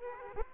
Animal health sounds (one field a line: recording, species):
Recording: mosquito wingbeat signal from an infrared sensor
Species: Aedes aegypti